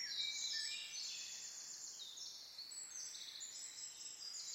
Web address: cianscape birddata Deverinetal 2025 File origin Bird Only Er Ru Er Ru